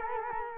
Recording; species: mosquito wingbeat signal from an infrared sensor; Culex quinquefasciatus